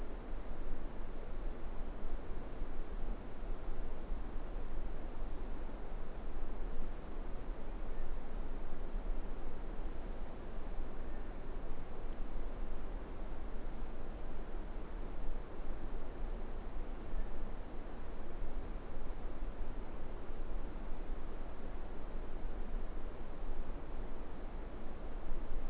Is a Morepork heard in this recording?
no